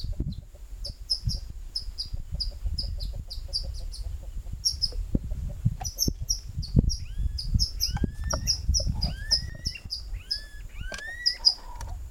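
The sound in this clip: White-throated kingbird giving high twittering chips repeated in runs, with rising notes later, over a steady low rumbling background.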